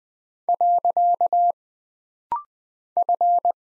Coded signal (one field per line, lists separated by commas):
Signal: Morse code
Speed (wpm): 20 wpm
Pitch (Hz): 700 Hz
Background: none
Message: . F